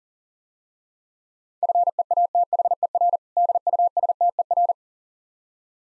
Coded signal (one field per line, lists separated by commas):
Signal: Morse code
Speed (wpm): 40 wpm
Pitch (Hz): 700 Hz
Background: none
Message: FEATHER DUSTER